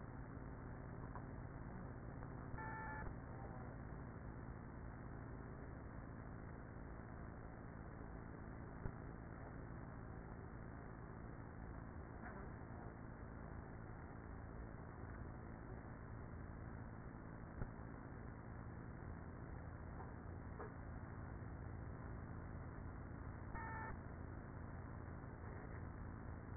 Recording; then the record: honeybee colony, microphone inside the hive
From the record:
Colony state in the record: queenless with a low population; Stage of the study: after two queens were removed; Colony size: about 30,000 bees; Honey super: no